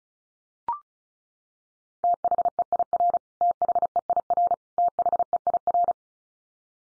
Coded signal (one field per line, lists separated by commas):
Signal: Morse code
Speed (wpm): 34 wpm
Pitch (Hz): 700 Hz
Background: none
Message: THEIR THEIR THEIR